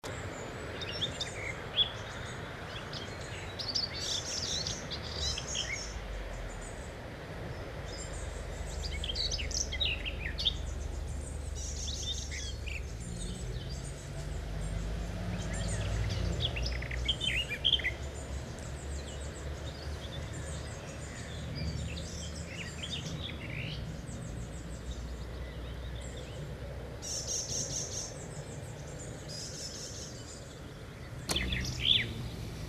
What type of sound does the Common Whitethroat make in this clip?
song